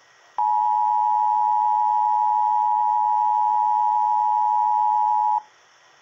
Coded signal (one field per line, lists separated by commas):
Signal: Emergency Alert System (SAME) tones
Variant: 853 and 960 Hz attention tone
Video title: EAS 484 LAE for Baldwin AL